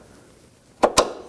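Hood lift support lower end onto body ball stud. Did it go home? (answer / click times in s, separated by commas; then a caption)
yes / 1.0 s. The new hood lift support on a 2014-2020 Acura MDX has its bottom end, a metal socket, pressed onto the lower ball stud on the body. After quiet handling, a first knock comes at about 0.8 s, then a sharp snap at 1.0 s. The socket clicks into place and is seated.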